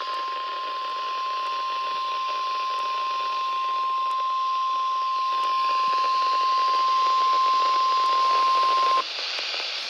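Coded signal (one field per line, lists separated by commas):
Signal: Emergency Alert System (SAME) tones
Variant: 1050 Hz attention tone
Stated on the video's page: Statewide tornado drill received from NOAA weather radio station WXK45.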